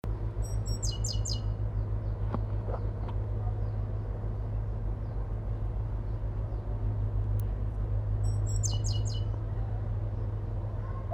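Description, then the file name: Great tit calls: two bursts of quick, sharp, high notes near the start and end, with a loud low traffic-like rumble throughout and a few clicks. "Parus major"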